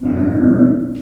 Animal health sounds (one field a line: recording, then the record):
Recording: squeal of a Yucatan mini pig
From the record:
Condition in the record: after surgery on the right vocal fold (resection and tissue-engineered implant)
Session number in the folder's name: 5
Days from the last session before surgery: 33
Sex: female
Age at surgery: 19 weeks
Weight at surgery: 25 kg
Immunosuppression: prednisolone